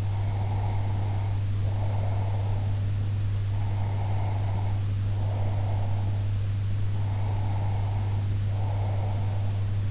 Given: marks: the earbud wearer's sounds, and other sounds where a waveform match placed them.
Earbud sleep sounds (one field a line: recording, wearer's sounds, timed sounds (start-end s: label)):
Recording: sounds in sleep by an in-ear microphone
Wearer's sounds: breath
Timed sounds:
0.00-2.86 s: breath
3.57-6.29 s: breath
6.97-9.66 s: breath